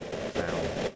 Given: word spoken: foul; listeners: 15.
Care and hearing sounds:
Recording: one English word in noise, from a listening test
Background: noise modulated by three-talker babble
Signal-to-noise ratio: -5.9 dB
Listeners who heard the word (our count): 2 of 15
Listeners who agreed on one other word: 7 of 15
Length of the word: 0.55 s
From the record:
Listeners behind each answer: 7, 4, 2, 1, 1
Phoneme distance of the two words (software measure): 17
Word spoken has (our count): 1 syllable, 3 phonemes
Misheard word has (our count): 1 syllable, 4 phonemes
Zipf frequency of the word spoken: 4.03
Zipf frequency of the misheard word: 5.58

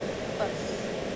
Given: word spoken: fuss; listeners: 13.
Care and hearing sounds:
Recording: one English word in noise, from a listening test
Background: speech-shaped noise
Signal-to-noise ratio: -6.6 dB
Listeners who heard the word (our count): 0 of 13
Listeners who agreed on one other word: 13 of 13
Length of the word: 0.76 s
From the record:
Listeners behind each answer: 13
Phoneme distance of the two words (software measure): 10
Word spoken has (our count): 1 syllable, 3 phonemes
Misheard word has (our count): 1 syllable, 3 phonemes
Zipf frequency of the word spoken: 3.95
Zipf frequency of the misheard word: 4.74

